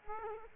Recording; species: mosquito wingbeat signal from an infrared sensor; Aedes aegypti